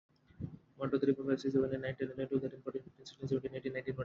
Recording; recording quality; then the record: counting at a fast pace; excellent, no background noise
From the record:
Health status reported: healthy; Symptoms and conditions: none ticked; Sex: male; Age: 25 years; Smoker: not ticked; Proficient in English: yes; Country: India